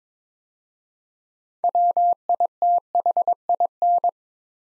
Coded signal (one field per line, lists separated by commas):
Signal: Morse code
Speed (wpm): 22 wpm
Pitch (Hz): 700 Hz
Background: none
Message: WITHIN